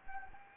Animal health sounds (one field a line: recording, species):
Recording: mosquito wingbeat signal from an infrared sensor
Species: Anopheles gambiae